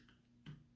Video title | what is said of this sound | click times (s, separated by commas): Power Rangers Megazord - how to assemble the toy | and snaps into place. | 0.5 s